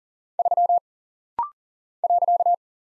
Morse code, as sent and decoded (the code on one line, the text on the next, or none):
...-- / .-.-.-
3 .